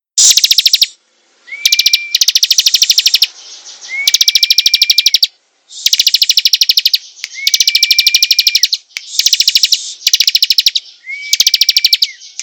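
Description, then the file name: Prinia song: rapid bursts of sharp, buzzy repeated notes in quick trains, separated by short gaps, with a thin level whistle between some bursts. Singing vigorously, described by the local term gacor. "prenjak gacor"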